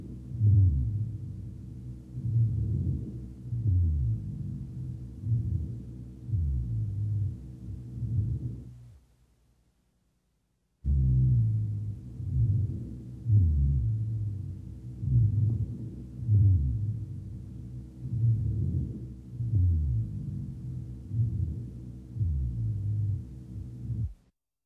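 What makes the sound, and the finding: Lungs by stethoscope. Rhonchi.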